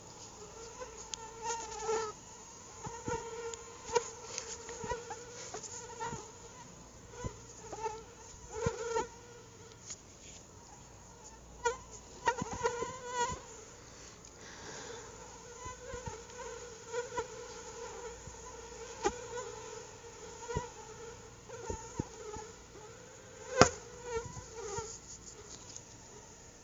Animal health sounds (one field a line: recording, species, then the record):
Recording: mosquito flight sound by mobile phone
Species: Anopheles atroparvus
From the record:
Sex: female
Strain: EBRO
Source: CDC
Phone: Google Nexus